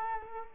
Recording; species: mosquito wingbeat signal from an infrared sensor; Culex pipiens